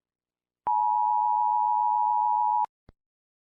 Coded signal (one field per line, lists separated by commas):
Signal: Emergency Alert System (SAME) tones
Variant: 853 and 960 Hz attention tone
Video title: Arkansas EAS #2